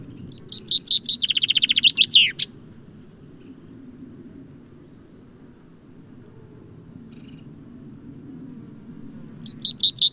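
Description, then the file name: Common chaffinch singing a rattling, accelerating series of high notes that drops into a terminal flourish, then a long pause before the next song begins; faint low hum underneath. "Fringilla coelebs"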